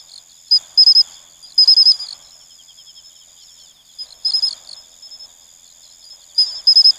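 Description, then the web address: Pine cricket (matsumushi): pine cricket chirping in short bursts of several pulses, repeated after pauses of varying length, with a constant high insect drone behind. "sikioto insect matsumushi"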